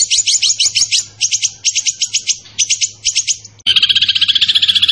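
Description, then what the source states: Zebra finch song, clusters of quick high chirped notes in short bursts, then a continuous rapid high trill, with a faint low hum. Tembakan bird singing vigorously (gacor); master recording for training cage birds.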